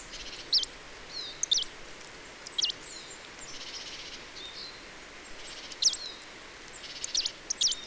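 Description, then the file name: Marsh Tit giving sharp, high, downward-slurred notes in short clusters at irregular intervals, mixed with soft buzzy bursts, against steady background noise. "Poecile palustris"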